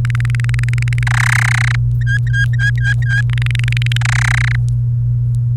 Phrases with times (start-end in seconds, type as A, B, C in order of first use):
0.05-1.03 A, 1.07-1.76 B, 2.01-3.21 C, 3.29-3.97 A, 4.01-4.56 B